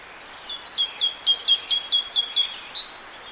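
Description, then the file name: Great tit singing a steady run of repeated paired notes, high then slightly lower, starting soft and growing louder, with light background hiss. "Parus major"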